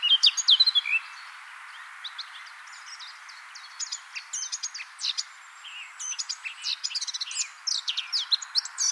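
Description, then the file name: Eurasian blackcap song: a loud opening flurry of notes, then varied chirps and short whistles at irregular intervals over constant hiss. "Sylvia atricapilla"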